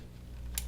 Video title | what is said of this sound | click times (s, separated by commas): Bambu Lab P1S: Unboxing + Setup. - 3D Printer | until you hear the click it will lock into place | 0.6 s